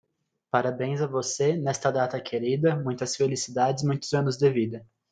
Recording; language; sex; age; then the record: short text; Brazilian Portuguese; male; 20 to 29 years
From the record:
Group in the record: control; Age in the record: 21 years